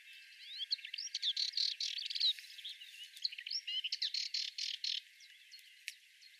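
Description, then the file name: Sardinian warbler song: fast, scratchy warbling chatter with mixed harsh notes and brief whistles, fairly quiet. "Fauvette melanocephale"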